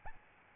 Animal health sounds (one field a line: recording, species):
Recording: mosquito wingbeat signal from an infrared sensor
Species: Aedes albopictus